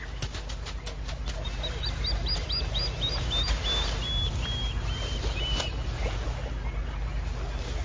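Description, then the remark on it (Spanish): Agitated plovers give a rapid run of sharp, high-pitched alarm calls at an egg-eating monitor lizard raiding ground nests, repeating insistently before trailing off, over a steady low rumble with a few sharp clicks at the start. “Y los alborotados chorlitos le declaran la guerra inmediatamente.”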